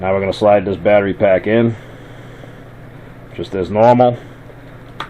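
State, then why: Seated. A LiPo battery pack fitted with a modded backpack wrap is slid into the UpAir One drone's battery bay. Someone talks over a quiet background hum, then a small, sharp click sounds at 5.0 s. The pack latches and locks in, though a small gap remains.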